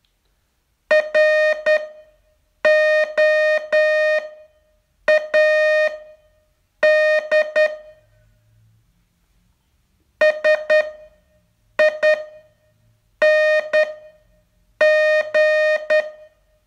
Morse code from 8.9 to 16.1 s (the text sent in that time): SING